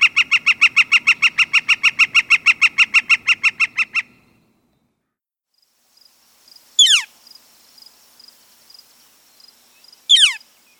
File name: Northern Flicker